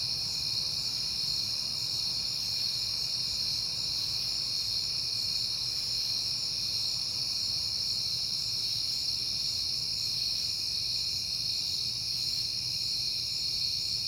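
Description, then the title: Crickets trill constantly in high, layered bands without pause, over a quiet low rumble. Crickets at night in September, on a peaceful night. "Night Time: Crickets and Passing Cars"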